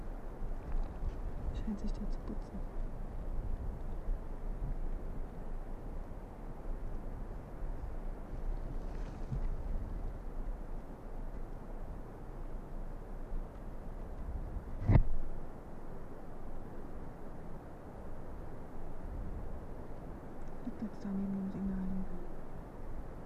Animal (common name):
Arctic Fox